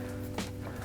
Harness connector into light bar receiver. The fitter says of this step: Make sure we press it fully in. You'll hear that click.